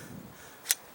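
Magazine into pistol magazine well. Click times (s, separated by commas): 0.7 s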